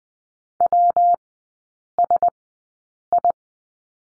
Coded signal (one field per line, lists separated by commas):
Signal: Morse code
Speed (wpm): 20 wpm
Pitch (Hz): 700 Hz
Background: none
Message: WSI